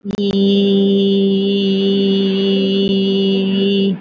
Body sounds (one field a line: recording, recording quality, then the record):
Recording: sustained vowel as in beet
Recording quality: excellent, no background noise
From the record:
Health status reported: recovered from COVID-19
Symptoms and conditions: none ticked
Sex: female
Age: 51 years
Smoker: not ticked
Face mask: worn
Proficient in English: yes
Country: India